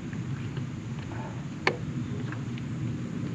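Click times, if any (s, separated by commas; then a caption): 1.7 s. A connector or line at the back of a Jeep 4.0L inline-six engine is pushed fully home after a no-spark condition, over steady broadband background noise. A sharp, loud hit at 1.7 s marks it seating, with a fainter tick near 2.3 s. It had not been seated enough before, and the engine then starts.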